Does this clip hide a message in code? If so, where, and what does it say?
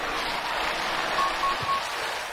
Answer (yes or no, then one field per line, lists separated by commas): no